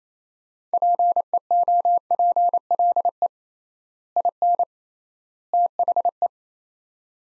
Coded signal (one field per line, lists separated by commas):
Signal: Morse code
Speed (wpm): 28 wpm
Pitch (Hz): 700 Hz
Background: none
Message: PEOPLE IN THE